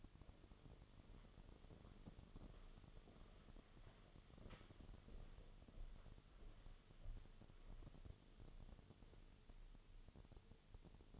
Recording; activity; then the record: daily activity, microphone in the room; walk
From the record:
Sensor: 4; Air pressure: 1016.2 hPa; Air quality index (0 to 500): 162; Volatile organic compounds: 6 ppm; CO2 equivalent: 1847 ppm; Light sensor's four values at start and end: 9/21/8/8 and 9/20/8/8